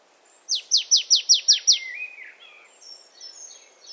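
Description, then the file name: Marsh tit call: seven sharp, high notes sweeping steeply downward in a quick series, followed by softer, lower chattering and thin whistled notes. "Poecile palustris"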